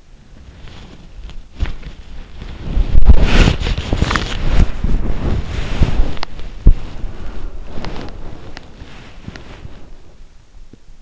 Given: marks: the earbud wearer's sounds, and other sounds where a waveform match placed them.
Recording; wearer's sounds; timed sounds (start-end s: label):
sounds in sleep by an in-ear microphone; body movement
0.00-11.02 s: body movement